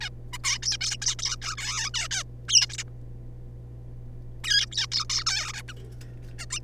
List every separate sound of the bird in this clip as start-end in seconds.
0.01-0.09, 0.33-0.38, 0.44-0.60, 0.62-0.77, 0.81-0.97, 1.02-1.16, 1.19-1.37, 1.42-1.56, 1.58-1.90, 1.94-2.08, 2.11-2.24, 2.48-2.77, 2.78-2.83, 2.88-2.89, 4.44-4.69, 4.72-4.87, 4.92-5.07, 5.10-5.25, 5.26-5.53, 5.54-5.62, 5.68-5.73, 6.38-6.46, 6.50-6.60